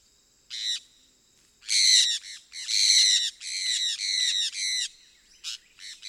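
Sun parakeet giving loud, shrill, harsh screeches, a short note then a run of rapid raspy bursts in quick succession, with a faint steady high hum behind.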